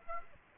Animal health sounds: mosquito wingbeat signal from an infrared sensor; Aedes aegypti

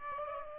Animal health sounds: mosquito wingbeat signal from an infrared sensor; Aedes aegypti

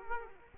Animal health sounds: mosquito wingbeat signal from an infrared sensor; Culex quinquefasciatus

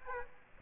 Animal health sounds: mosquito wingbeat signal from an infrared sensor; Aedes aegypti

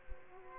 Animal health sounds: mosquito wingbeat signal from an infrared sensor; Aedes aegypti

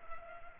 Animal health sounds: mosquito wingbeat signal from an infrared sensor; Culex pipiens

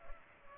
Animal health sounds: mosquito wingbeat signal from an infrared sensor; Culex pipiens

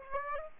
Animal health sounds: mosquito wingbeat signal from an infrared sensor; Aedes aegypti

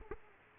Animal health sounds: mosquito wingbeat signal from an infrared sensor; Aedes aegypti

